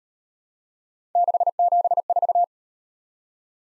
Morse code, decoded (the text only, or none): 674